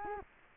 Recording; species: mosquito wingbeat signal from an infrared sensor; Culex quinquefasciatus